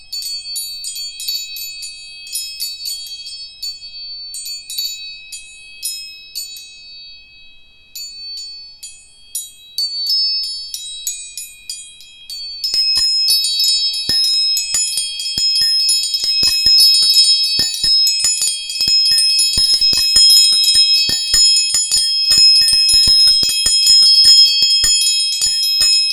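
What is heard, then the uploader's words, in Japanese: Tuning forks ring with a steady, high, pure tone under bright, glinting overtones that start and fade like small bells. Around the halfway point the sound grows louder and denser, with more frequent strikes and faint tapping clicks beneath the ringing. 音叉チューニング 第2チャクラ。オレンジ色 417hz 第2チャクラ。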